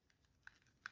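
The plastic back halves of the legs of a Transformers SS-86 Grimlock figure are handled and pushed together, with a faint rustle and two brief sharp handling taps at about 0.5 s and 0.9 s. Nothing has seated or clicked into place yet.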